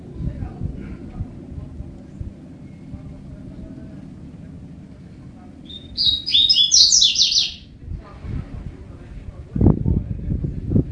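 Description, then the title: Double-collared seedeater song, one quick warbled phrase of high twittering notes lasting about a second and a half, with low background rumble and a few knocks. "Canto Coleiro"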